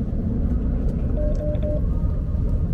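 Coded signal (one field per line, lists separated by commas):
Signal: none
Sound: a car's warning beeps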